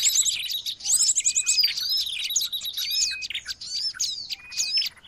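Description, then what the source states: Birds giving squeaky chirps, short trills and thin whistles in a busy, overlapping stream. Noisy birds used as a lure for attracting birds.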